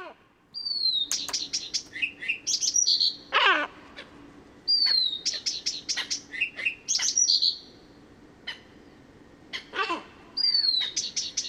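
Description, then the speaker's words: Blyth's Reed Warbler song: short phrases of sharp clicks and clear, downslurred whistles, each repeated before moving on, with brief pauses; a harsher, lower call cuts in twice. Heard together with a great black-backed gull flying over. "Viitakerttunen ja merilokki lähtee"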